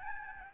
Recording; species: mosquito wingbeat signal from an infrared sensor; Aedes albopictus